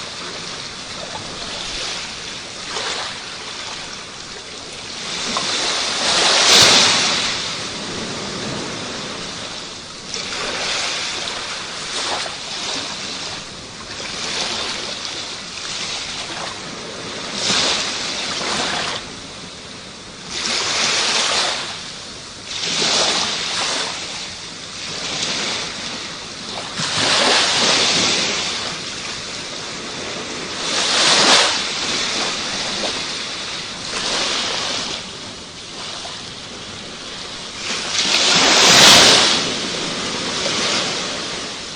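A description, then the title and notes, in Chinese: Ocean waves wash in repeatedly, swelling every few seconds into bright hissing surges over a steady rumbling wash, with sharper splashes near 7 and 39 seconds. 身临其境的海浪声。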